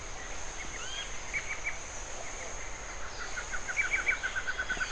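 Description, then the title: Bird chirps sparsely at first, then gives a quick trill of repeated notes near the end, over a steady high whine. "LuckyPassaro Completos2Sama"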